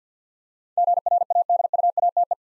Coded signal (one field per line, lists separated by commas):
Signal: Morse code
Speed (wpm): 50 wpm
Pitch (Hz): 700 Hz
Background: none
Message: GRADUATE